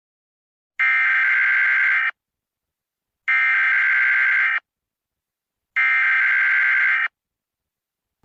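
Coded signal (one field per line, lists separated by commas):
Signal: Emergency Alert System (SAME) tones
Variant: header bursts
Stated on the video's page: Fictional EAS scenario; the tones are not from a real alert.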